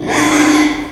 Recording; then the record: squeal of a Yucatan mini pig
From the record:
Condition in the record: after surgery on the right vocal fold (resection and tissue-engineered implant); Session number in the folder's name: 3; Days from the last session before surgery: 33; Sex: male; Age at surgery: 12 weeks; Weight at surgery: 13 kg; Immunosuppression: cyclosporine, prednisolone